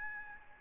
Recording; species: mosquito wingbeat signal from an infrared sensor; Aedes albopictus